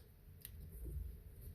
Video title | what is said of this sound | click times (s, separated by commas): Lenovo 81A7 Laptop Battery Identification and Replacement - L17L3P61 | without being blinded again sorry about the light but um just line it back up and even heard it snap in just then just | 0.4 s